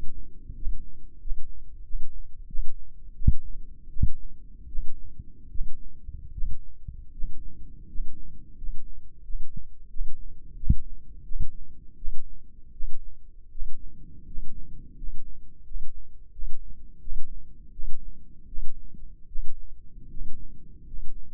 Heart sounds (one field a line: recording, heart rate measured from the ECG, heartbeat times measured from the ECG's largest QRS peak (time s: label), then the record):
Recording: heart sounds by microphone in the left ear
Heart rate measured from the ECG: 83 bpm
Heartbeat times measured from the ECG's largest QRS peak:
0.55 s: heartbeat
1.20 s: heartbeat
1.83 s: heartbeat
2.47 s: heartbeat
3.15 s: heartbeat
3.89 s: heartbeat
4.67 s: heartbeat
5.49 s: heartbeat
6.32 s: heartbeat
7.12 s: heartbeat
7.87 s: heartbeat
8.56 s: heartbeat
9.23 s: heartbeat
9.89 s: heartbeat
10.56 s: heartbeat
11.24 s: heartbeat
11.96 s: heartbeat
12.72 s: heartbeat
13.50 s: heartbeat
14.26 s: heartbeat
14.96 s: heartbeat
15.64 s: heartbeat
16.31 s: heartbeat
17.00 s: heartbeat
17.72 s: heartbeat
18.47 s: heartbeat
19.27 s: heartbeat
20.09 s: heartbeat
20.86 s: heartbeat
From the record:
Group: healthy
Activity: rest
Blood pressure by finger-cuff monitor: 118/63 mmHg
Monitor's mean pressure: 76 mmHg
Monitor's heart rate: 85 bpm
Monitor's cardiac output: 8.1 L/min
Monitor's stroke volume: 98 mL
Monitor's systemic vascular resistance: 680 dyn s/cm5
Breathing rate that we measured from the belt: 9 breaths a minute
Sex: male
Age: 35 years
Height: 180 cm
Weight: 86.9 kg